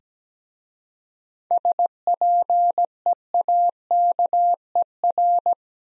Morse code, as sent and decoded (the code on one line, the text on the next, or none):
... .--. . .- -.- . .-.
SPEAKER